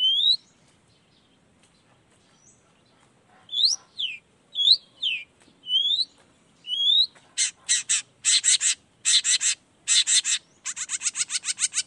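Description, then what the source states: Long-tailed shrike starts with clear rising whistles, then switches to loud buzzy, grating bursts and a fast rattling series. Shrike in full song in the morning, used to stimulate lazy, silent shrikes to start singing; 'toet toet' sound variation.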